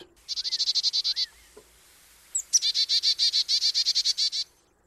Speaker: Of course, it's our subjective interpretation that allows us to designate the chickadee's call as cheerful.